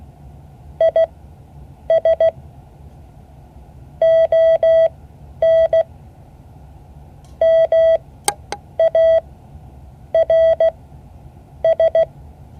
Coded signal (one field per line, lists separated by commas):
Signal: Morse code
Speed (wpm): 16 wpm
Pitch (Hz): 650 Hz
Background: none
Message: IS ON MARS